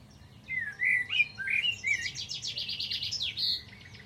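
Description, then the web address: Bird song beginning with sliding whistles, then a rapid, high, buzzy trill of repeated notes, ending on a clear whistle. Bird only. "Deverinetal. Bird Only"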